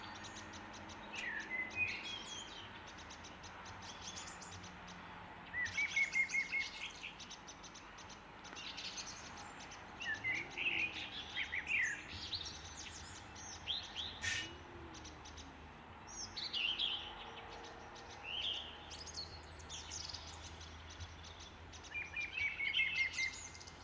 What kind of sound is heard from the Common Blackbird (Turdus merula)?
song